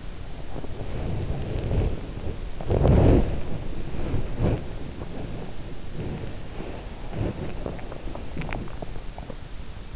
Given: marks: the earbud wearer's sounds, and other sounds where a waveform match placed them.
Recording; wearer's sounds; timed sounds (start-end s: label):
sounds in sleep by an in-ear microphone; body movement
0.00-9.58 s: body movement